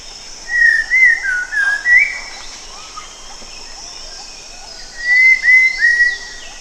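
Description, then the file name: Cempala kuning song: two groups of quick whistled notes that rise and fall, a soft gap between them, steady hiss. "cempalakuning omkicau"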